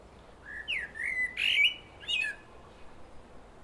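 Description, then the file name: Common blackbird delivering a mellow whistled phrase that rises and falls, ending with a scratchy high flourish, then a shorter second note. "Turdus merula"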